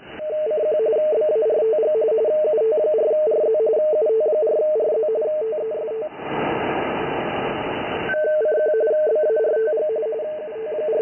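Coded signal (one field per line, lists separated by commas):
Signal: RTTY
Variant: 45.45 baud, 170 Hz shift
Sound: rapid warbling two-tone teletype chatter, interrupted by two seconds of loud hiss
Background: radio static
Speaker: you can see in that example we were actually decoding the ritty transmission on the left-hand side of the waterfall and as you heard throughout that transmission you heard some more witty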